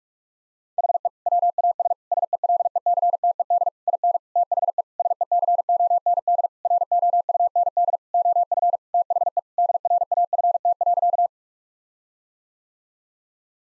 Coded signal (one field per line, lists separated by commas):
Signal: Morse code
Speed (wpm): 46 wpm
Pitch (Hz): 700 Hz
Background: none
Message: HE WAS SELECTED IN THE SECOND ROUND OF THE DRAFT.